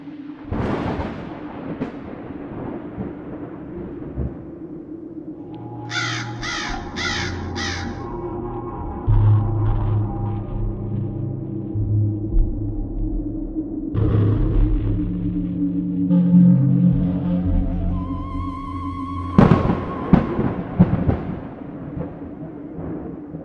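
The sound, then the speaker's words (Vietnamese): Thunder rumbles low and steadily with lightning under a pitch-black sky over an empty cemetery, breaking into several loud cracks, while crows caw in short repeated bursts above it. No one speaks. “Sấm chớp đi đùng trên nền trời đen đặc, nghĩa trang quạnh hiu không một bóng người qua lại.”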